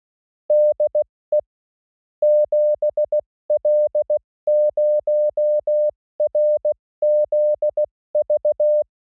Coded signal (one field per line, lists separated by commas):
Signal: Morse code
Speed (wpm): 16 wpm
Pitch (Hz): 600 Hz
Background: music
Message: DE 7L0RZV